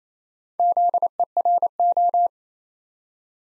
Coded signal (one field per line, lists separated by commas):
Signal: Morse code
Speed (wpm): 27 wpm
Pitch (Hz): 700 Hz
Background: none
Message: ZERO